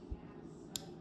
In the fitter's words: Right there, you kind of hear that click.